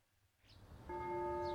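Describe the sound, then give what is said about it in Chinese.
A bell rings out once after a brief low rumble, its bright, steady overtones sustaining loudly without fading through the end; it rings after breakfast to summon all the students of an academy to its playground. “早餐后，钟声准时响起，将全部学员召集到学院的操场上。”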